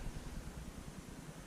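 A plastic hinge piece on a Dometic RV freezer door is handled while the door is about to be firmly closed so the piece snaps into place, to make sure the door has tension. A steady low rumble and broadband hiss fill the clip with no sharp transients. Nothing has seated or clicked yet.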